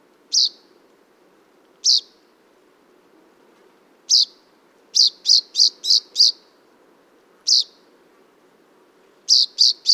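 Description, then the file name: Common chaffinch giving sharp, high single call notes, first spaced a couple of seconds apart, then a quick run of five, one more single note, and a closing burst of three. "Fringilla coelebs"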